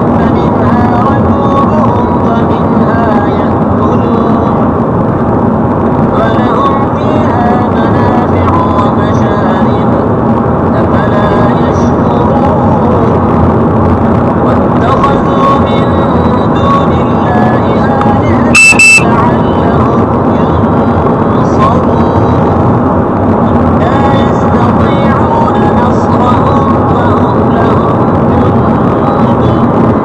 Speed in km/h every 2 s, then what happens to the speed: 92, 94, 96, 98, 100, 100, 100, 100, 100, 100, 101, 101, 101, 101, 102.
0-7 speeds up to 100. 7-30 steady at about 100.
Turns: none.